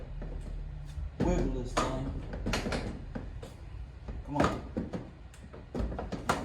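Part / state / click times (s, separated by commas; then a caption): headlight assembly ball socket onto its mounting ball stud / seated / 6.3 s. During a headlight bulb swap on a 2012 Ram, someone talks while wiggling and pushing the plastic headlight assembly, with scattered knocks and rattles of plastic along the way. At 6.3 s a sharp snap is heard as the assembly's ball joint socket seats onto its mounting ball stud.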